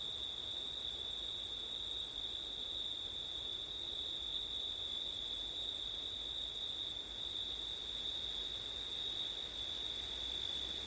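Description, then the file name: Crickets chirring nonstop in a high, even drone, the upper tone briefly breaking off three times, with steady wind hiss behind. Crickets on a windy September night; ORTF stereo. "crickets wind september night ortif"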